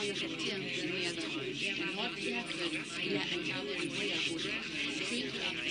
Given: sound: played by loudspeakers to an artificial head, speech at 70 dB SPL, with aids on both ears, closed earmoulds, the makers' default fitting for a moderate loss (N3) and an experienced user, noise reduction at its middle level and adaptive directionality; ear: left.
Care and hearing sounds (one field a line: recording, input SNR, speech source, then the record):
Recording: speech test signal (ISTS) in cocktail-party noise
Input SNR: -3 dB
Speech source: on the right (90 degrees)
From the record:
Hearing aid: class 2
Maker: D